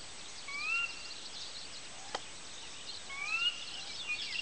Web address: porzana carolina carolina